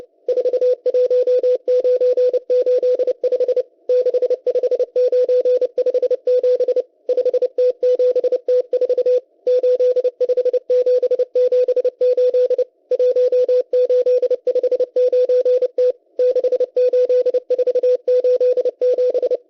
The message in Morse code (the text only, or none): 41985 65957 5T7T4 85778 1859T 68487